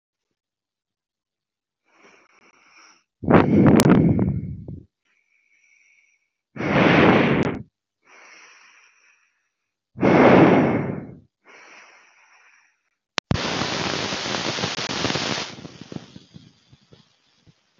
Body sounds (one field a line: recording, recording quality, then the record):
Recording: deep breathing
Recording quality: excellent, no background noise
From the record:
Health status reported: healthy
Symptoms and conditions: none ticked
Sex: male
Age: 25 years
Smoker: not ticked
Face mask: not worn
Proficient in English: yes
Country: India